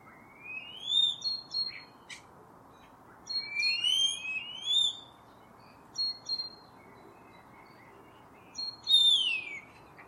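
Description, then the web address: Bird calls: clear rising and falling whistled slurs mixed with short sharp chips, coming in irregular bursts across ten seconds over a faint steady background hiss. "Deverinetal 2025. Bird Only"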